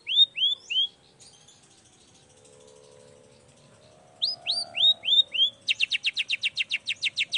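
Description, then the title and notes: Long-tailed shrike song: clear rising whistled notes in short runs, a pause with low hum, then more whistles and a fast buzzy trill of repeated notes. Long-tailed shrike in full song (gacor) in the morning, singing the 'toet toet' variation; said to prompt other shrikes to answer. "Cendet Gacor Dor Di Kala Pagi Toet Toet Variasi Suara. Cendet Gacor Pagi Hari Biangnya Bikin Cendet Manapun Langsung On Nyaut Buka Materi. Burung cendet"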